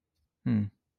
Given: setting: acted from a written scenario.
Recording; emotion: vocal sound without words; neutral